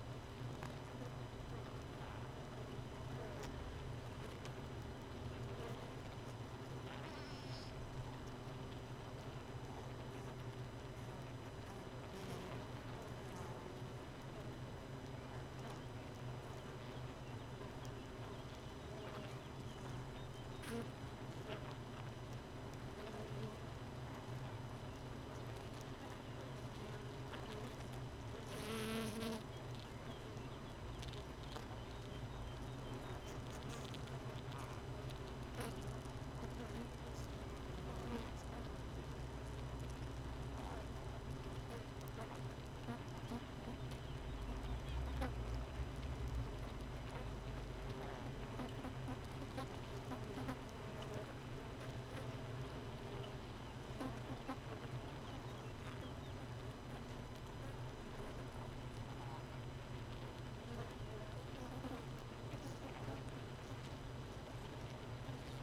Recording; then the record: honeybee colony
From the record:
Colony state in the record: missing queen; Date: 31 May 2018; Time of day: 4:20